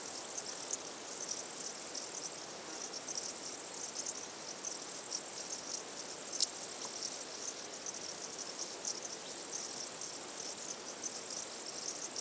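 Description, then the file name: Steady high cricket trilling fills the recording, a shimmering unbroken chorus with scattered softer chirps and one faint click partway through. Crickets at night. "Night Sounds, Cricket Sounds, Sounds of Nature Zone"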